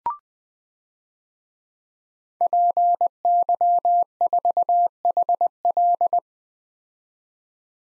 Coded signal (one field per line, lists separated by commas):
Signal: Morse code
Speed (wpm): 20 wpm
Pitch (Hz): 700 Hz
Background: none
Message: PY4HL